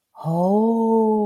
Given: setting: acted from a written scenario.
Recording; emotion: vocal sound without words; realization